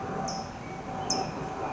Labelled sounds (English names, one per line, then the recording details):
California Towhee
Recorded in Sonoma County, California